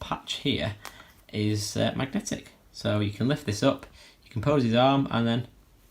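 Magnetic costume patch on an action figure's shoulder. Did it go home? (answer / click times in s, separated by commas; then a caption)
no / none. Someone talks while lifting the magnetic costume patch on the shoulder of a 1/6 scale Hot Toys Guardians of the Galaxy Vol. 2 Deluxe Yondu action figure and posing the arm, with faint handling sounds beneath the speech. The patch has not snapped back into place yet; nothing has seated or clicked.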